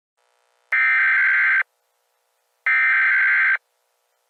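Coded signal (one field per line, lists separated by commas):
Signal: Emergency Alert System (SAME) tones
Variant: header bursts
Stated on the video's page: Compilation of European emergency alarm sounds from different countries.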